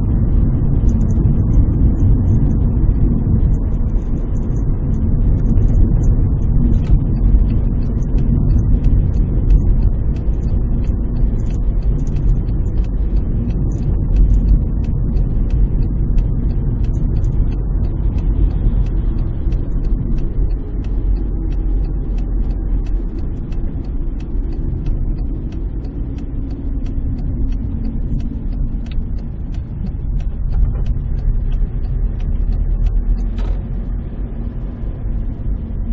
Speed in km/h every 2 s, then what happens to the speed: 55, 53, 51, 48, 44, 43, 41, 39, 36, 36, 33, 32, 30, 23, 14, 14, 22, 23.
0-28 slows to 14. 30-32 speeds up to 22.